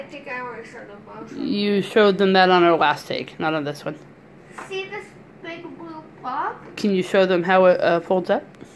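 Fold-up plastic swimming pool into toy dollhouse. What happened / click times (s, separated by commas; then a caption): A plastic toy part is being folded up, but it has not snapped home yet / none. A child starts folding the plastic swimming pool of a Barbie DreamHouse toy dollhouse up into its stowed position while people talk, with brief handling knocks near 4.6 s and 5.8 s. The pool has not snapped into place yet; nothing has seated or clicked.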